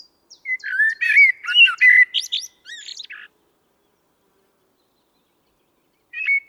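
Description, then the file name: Common blackbird song: a three-second run of fluty warbles with shrill twittering ends, then silence until another phrase begins at the very end. "Turdus merula"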